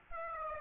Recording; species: mosquito wingbeat signal from an infrared sensor; Aedes aegypti